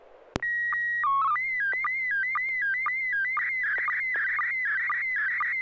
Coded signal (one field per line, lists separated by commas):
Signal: SSTV (slow-scan television)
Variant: PD 120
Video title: N6NA SSTV Net - 11/01/2023